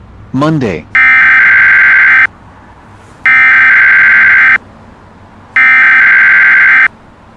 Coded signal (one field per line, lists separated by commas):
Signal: Emergency Alert System (SAME) tones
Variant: header bursts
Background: speech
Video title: EAS Scenario: Yukina Part 4